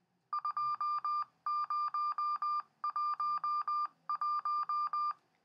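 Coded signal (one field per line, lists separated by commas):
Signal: Morse code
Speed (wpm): 20 wpm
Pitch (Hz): 1200 Hz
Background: none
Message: 2011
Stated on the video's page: CW ID from an Argent Data Systems ADS-SR1 simplex repeater controller on 446.875 MHz, no PL, 2 watts from 25 feet AGL.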